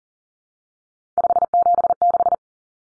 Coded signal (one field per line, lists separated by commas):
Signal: Morse code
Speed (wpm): 40 wpm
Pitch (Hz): 700 Hz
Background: none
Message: 576